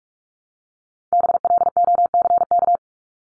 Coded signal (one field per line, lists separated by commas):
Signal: Morse code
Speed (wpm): 44 wpm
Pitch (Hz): 700 Hz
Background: none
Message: BLOCK